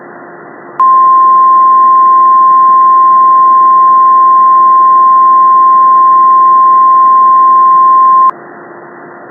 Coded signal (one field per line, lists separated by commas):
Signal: Emergency Alert System (SAME) tones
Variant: 1050 Hz attention tone